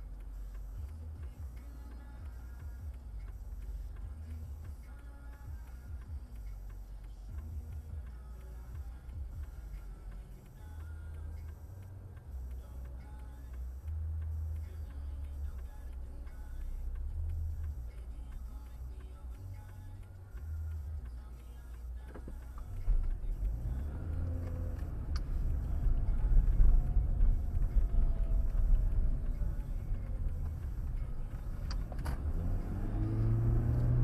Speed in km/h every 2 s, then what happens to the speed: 0, 0, 0, 0, 0, 0, 0, 0, 0, 0, 0, 0, 16, 24, 23, 18, 19.
0-22 standing. 22-26 pulls away to 24. 26-31 slows to 18.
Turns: 24-34.